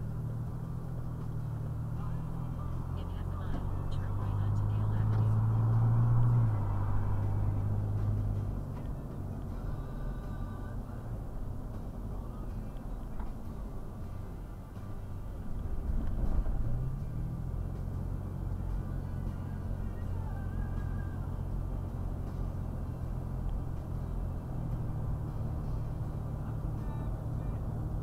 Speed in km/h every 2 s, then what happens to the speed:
23, 34, 44, 50, 52, 48, 39, 34, 39, 47, 52, 55, 58, 58.
0-7 speeds up to 52. 7-13 slows to 34. 15-28 speeds up to 58.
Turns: none.